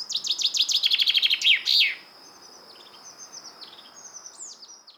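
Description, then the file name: Common chaffinch song: a quick, bright, slightly descending trill closing in a loud, emphatic flourish, then faint high chirps and a steady thin tone. "Fringilla coelebs"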